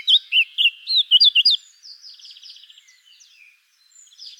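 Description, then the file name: Eurasian blackcap song opening with a run of loud, clear fluty whistled notes, then fading into a softer, buzzy chattering warble. "Sylvia atricapilla"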